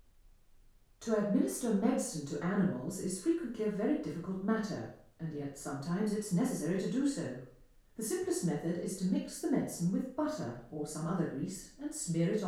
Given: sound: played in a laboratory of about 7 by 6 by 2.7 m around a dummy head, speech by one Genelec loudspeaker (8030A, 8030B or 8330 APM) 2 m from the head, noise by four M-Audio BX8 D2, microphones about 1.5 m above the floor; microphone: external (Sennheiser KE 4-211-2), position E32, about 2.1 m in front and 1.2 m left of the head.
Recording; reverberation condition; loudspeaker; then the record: female speech in English; medium; 90 degrees to the left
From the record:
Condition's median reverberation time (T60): about 510 ms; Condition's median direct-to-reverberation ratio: about -0.5 dB